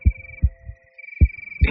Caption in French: Entend battre son cœur. Ça fait comme ça un cœur qui bat.